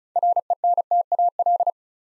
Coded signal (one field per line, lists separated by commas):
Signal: Morse code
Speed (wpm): 36 wpm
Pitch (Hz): 700 Hz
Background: none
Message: RENTAL